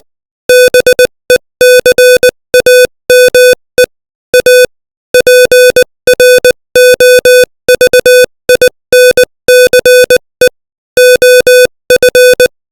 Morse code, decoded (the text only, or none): BECAME A PROVINCE OF